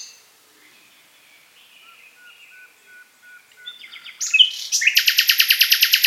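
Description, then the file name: Common nightingale song: a soft series of low repeated piping notes, then a loud rapid pulsing trill that fills the end. "Luscinia megarhynchos"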